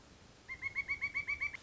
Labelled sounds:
Pileated Woodpecker (Dryocopus pileatus)
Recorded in Sonoma County, California

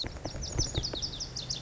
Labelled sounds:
Lazuli Bunting (Passerina amoena)
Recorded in Sonoma County, California

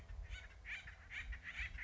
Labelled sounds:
Acorn Woodpecker (Melanerpes formicivorus)
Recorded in Sonoma County, California

